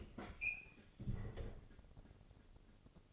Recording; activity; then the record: daily activity, microphone in the room; open fridge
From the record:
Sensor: 4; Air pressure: 996.0 hPa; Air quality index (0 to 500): 61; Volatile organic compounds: 2 ppm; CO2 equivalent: 1087 ppm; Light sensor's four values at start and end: 16/43/16/18 and 15/41/16/18